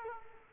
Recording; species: mosquito wingbeat signal from an infrared sensor; Culex quinquefasciatus